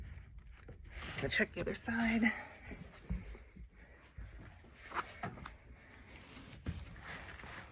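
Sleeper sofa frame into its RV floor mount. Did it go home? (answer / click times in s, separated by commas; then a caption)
no / none. A new sleeper sofa frame has been slid down into its floor mount in a Winnebago RV, and the other side is checked to confirm it is still lined up. Someone talks over soft handling and shuffling noises with a few brief knocks. Nothing has latched or clicked yet.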